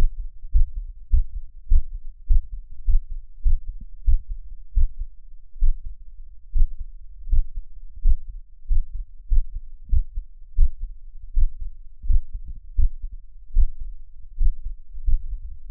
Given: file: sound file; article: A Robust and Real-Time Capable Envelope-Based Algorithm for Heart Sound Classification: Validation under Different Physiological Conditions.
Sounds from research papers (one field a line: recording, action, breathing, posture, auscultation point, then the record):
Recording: heart sounds by electronic stethoscope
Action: after 5 min of sport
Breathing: deep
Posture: sitting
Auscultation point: Erb’s point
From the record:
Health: healthy, no known heart disease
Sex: male